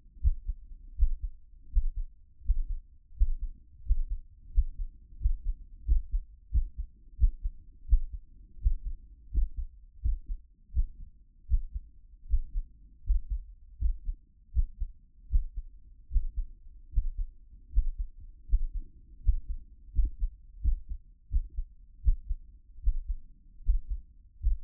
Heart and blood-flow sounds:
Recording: heart sounds by stethoscope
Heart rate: 81 bpm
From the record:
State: after exercise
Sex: female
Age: 31 years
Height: 167 cm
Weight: 61 kg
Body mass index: 21.87

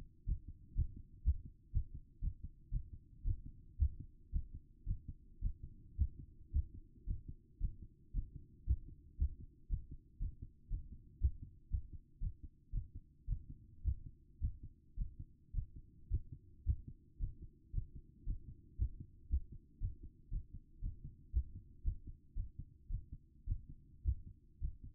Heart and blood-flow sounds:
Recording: heart sounds by stethoscope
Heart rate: 114 bpm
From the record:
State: after exercise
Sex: female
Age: 27 years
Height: 169 cm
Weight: 63 kg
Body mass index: 22.06

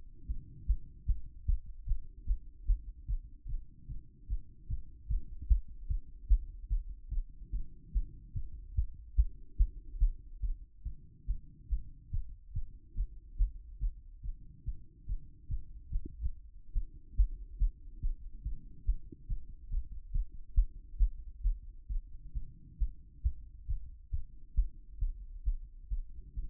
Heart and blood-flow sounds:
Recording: heart sounds by stethoscope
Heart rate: 143 bpm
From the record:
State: after exercise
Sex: male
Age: 52 years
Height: 176 cm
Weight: 105 kg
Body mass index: 33.90

